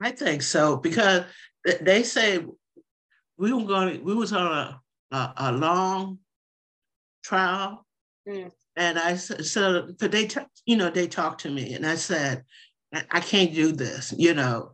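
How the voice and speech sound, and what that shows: Woman, a stroke survivor, speaking with aphasia: halting speech with repeated words and restarts, broken-off word attempts, grammatical errors and long pauses.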